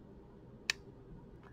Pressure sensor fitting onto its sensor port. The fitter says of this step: you get it right, you push it on and you'll hear it lock. It will actually click.